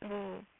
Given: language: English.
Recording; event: throat vibration sensor signal played as sound; speech